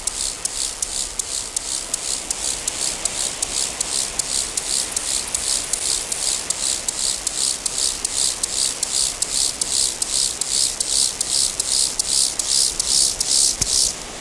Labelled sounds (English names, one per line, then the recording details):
Lesser Field Grasshopper stridulation
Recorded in the wild
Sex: male
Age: imago
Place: Kunersdorf, Brandenburg, DE
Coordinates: 52.6767, 14.1578
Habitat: Feldrand
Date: 1999-09-20 16:08
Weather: sonnig, 24°C
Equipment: Sony WM-D6C, Sennheiser ME 80, Kopie Uher 4000 Report Monitor
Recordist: Tembrock, Günter